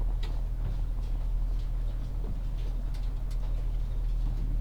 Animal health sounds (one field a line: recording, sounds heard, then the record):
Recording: poultry house recording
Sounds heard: sick chickens (respiratory disease)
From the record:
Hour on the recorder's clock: 16